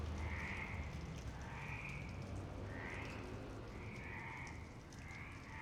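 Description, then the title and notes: Frogs giving brief rasping croaks over a low hum. Frogs in Parc Longchamp, Marseille, Provence-Alpes-Côte d'Azur, France, 26 March 2011 at 19:35, recorded with a MixPre-6 and Basic UCHO. "Marseille, Provence-Alpes-Côte d'Azur, France - 26_03_11_19_35 Longchamps_004 grenouilles. Grenouilles au parc de Longchamp MIXPRE 6 + BASIC UCHO"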